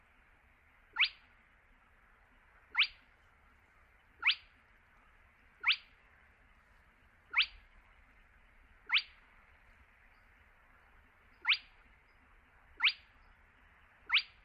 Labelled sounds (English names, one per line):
Spotted Crake